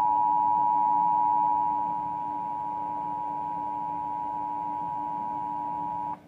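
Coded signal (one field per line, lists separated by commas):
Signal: Emergency Alert System (SAME) tones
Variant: 853 and 960 Hz attention tone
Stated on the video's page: National Periodic Test aired on PBS television, low quality recording.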